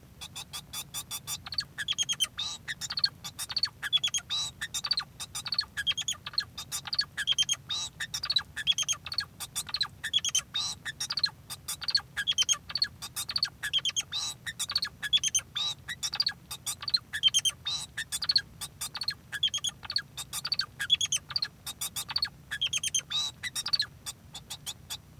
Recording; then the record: song of a male Bengalese finch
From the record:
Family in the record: son of father 2